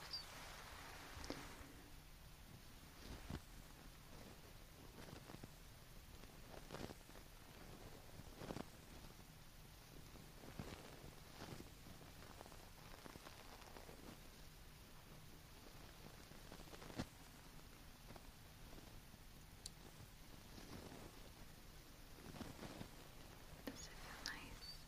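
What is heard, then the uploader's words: A tissue wipes and rustles, with soft crinkling scrapes and sharp little crackles landing irregularly every second or two. Beneath them runs a steady, even hiss with a faint low hum, and the level stays fairly constant throughout. Tissue wipe.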